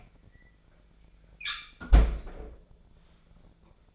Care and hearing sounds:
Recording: daily activity, microphone in the room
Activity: close fridge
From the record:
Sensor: 5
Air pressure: 1009.8 hPa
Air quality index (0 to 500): 159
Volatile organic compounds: 4 ppm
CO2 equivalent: 1550 ppm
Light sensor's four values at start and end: 134/340/143/152 and 131/332/139/148

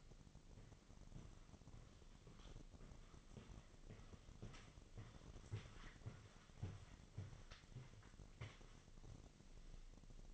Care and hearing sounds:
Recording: daily activity, microphone in the room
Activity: walk to room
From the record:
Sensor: 4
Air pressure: 1000.2 hPa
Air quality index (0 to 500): 208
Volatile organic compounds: 20 ppm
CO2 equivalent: 2686 ppm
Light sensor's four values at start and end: 9/21/8/8 and 9/20/8/8

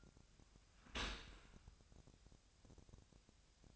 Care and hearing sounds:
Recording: daily activity, microphone in the room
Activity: open dishwasher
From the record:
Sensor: 2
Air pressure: 1006.6 hPa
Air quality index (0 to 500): 202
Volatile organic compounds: 14 ppm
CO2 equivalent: 2476 ppm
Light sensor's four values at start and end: 9/21/9/9 and 9/21/9/9

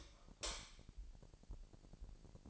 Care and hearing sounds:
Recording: daily activity, microphone in the room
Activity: light off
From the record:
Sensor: 5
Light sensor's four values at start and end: 15/36/15/16 and 15/35/14/16

